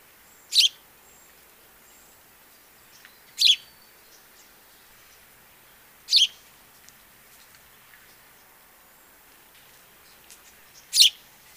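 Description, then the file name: House sparrow calls: four short, sharp chirps, widely and unevenly spaced, over a quiet, faintly hissing background. "Passer domesticus"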